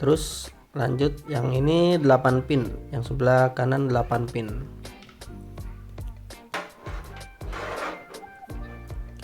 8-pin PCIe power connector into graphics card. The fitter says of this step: pasang sampai klik jadi penguncinya itu terkunci dengan benar gu Nah